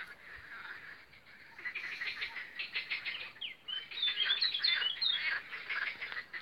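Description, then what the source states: Birds give twittering chirps that grow busier in the second half, layered over a dense, rapidly pulsing frog chorus. Spring chorus of birds with frogs croaking on the Lomnica canal, around Odra, 10 May 2020.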